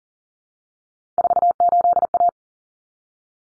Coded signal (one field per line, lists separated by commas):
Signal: Morse code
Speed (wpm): 40 wpm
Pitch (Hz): 700 Hz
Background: none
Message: 48A